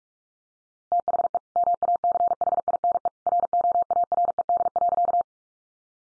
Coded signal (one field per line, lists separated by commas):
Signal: Morse code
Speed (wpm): 44 wpm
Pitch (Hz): 700 Hz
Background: none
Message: THE MACHINE ROARED.